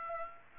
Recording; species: mosquito wingbeat signal from an infrared sensor; Aedes aegypti